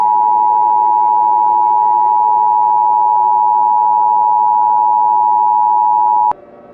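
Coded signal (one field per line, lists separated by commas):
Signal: Emergency Alert System (SAME) tones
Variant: 853 and 960 Hz attention tone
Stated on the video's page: Fictional scenario alert, self-made, containing valid tones.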